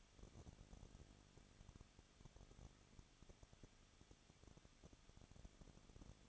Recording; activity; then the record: daily activity, microphone in the room; no activity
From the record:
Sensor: 4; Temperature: 23.0 degrees Celsius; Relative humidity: 34.5%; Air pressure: 1007.2 hPa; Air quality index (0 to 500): 216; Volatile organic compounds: 15 ppm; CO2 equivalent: 2512 ppm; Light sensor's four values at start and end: 2/3/1/1 and 2/3/1/1